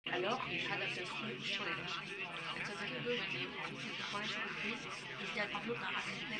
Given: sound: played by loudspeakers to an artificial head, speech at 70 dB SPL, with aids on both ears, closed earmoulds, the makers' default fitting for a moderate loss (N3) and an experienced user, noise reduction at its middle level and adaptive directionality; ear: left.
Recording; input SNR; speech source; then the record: speech test signal (ISTS) in cocktail-party noise; 0 dB; on the right (90 degrees)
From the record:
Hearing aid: class 2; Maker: F